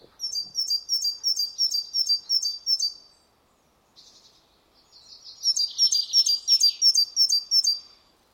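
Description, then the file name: Great tit: high, thin notes repeated quickly and evenly in two long runs, separated by a quiet gap with softer buzzy notes. "Parus major"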